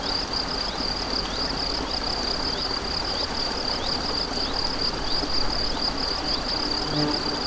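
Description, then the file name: Cricket trill, high and sustained with even pulsing, over stream noise and a faint low sound near the end. Crickets beside a stream, 7 May 2014, recorded on an MZ-N710 recorder. "Ruisseau et grillons 7 05 14"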